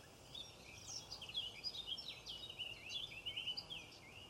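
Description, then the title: Robin singing a rapid, continuous run of high warbled and chirped notes, varied in pitch, over a faint background hiss. "Robin Birds Chirping"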